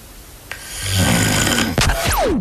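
A single loud, low, fluttering rattle builds over about a second, then breaks off into a brief snorting burst and a falling whistle-like tone. This is a snore, caused by vibrating soft tissue in the upper airway during sleep. The room is quiet apart from the snore.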